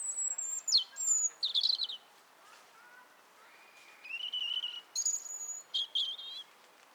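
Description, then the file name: European robin song: high sliding whistles and buzzy trills, a lower drawn-out whistled note, then more thin high phrases in broken succession. "Erithacus rubecula"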